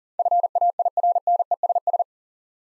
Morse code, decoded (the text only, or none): FAIRNESS